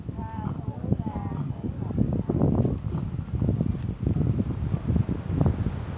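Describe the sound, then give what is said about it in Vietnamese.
Wind buffets the microphone in a steady, rumbling roar with uneven low gusts throughout, and a few faint tonal voice-like sounds drift through early on. “Gió này nghe có rõ không? Dạ, nghe rõ.”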